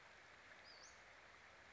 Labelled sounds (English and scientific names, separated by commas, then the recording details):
Western Flycatcher (Empidonax difficilis)
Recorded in Sonoma County, California